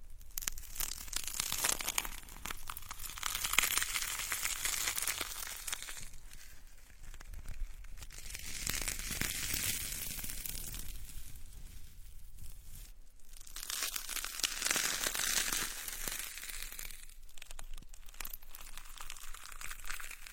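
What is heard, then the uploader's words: Dragon beard sugar being pulled apart for an ear-picking spa, with dense crinkling and crisp tearing that swells and eases across the clip. Dismantling dragon beard sugar ear picking SPA.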